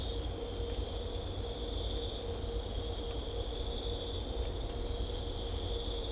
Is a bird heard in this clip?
no